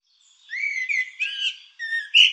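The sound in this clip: Bird giving clear whistled notes that glide and waver, a brief pause, then a loud sharp note to finish; quiet background.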